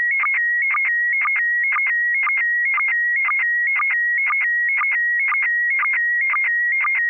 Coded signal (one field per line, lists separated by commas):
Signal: SSTV (slow-scan television)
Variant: PD 120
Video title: N6NA SSTV Net - 12/17/2025